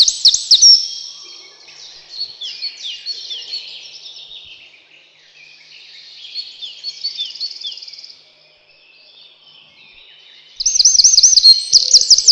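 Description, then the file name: Eurasian wren song with a bright trilled opening, quieter rambling high phrases through the middle, and a sudden loud rattling trill near the end. "крапивник"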